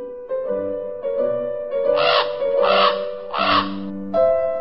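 Crows flapping their wings in the sky give three harsh, raspy caws one after another, evenly spaced, over a steady, sustained tonal drone that continues throughout.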